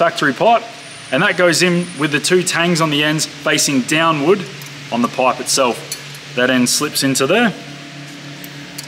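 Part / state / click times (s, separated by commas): spring retaining clip on throttle body intake pipe coupling / seated / 8.8 s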